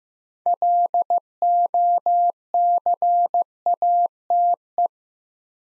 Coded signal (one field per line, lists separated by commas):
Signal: Morse code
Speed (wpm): 15 wpm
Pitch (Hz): 700 Hz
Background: none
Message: LOCATE